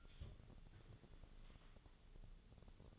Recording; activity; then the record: daily activity, microphone in the room; take from stove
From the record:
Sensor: 4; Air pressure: 1000.8 hPa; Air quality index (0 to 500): 126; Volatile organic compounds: 1 ppm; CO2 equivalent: 949 ppm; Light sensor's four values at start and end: 42/104/44/48 and 42/104/43/48